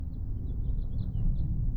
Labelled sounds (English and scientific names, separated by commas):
House Finch (Haemorhous mexicanus) song